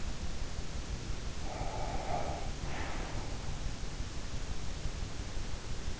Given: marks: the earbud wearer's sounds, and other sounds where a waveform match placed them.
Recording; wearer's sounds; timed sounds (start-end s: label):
sounds in sleep by an in-ear microphone; breath
1.58-3.14 s: breath